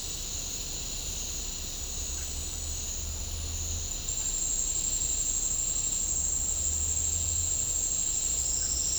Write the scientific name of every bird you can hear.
none